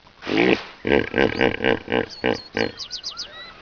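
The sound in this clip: Hippopotamus grunts: one drawn-out throaty grunt, then a quick run of several harmonic, pulsing grunts, with faint high chirps near the end.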